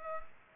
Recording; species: mosquito wingbeat signal from an infrared sensor; Culex pipiens